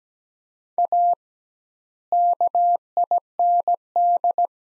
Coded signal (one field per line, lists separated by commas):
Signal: Morse code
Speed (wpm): 17 wpm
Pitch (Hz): 700 Hz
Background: none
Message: A KIND